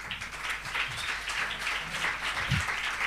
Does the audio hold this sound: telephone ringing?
no